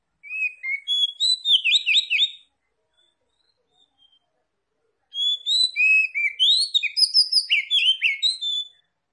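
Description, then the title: Oriental magpie-robin song: two bursts of rich, varied whistles and chirps, with fast slurred notes and rising and falling phrases separated by a pause of about three seconds. Tretes; singing vigorously (gacor). "Kacer Tretes Gacor"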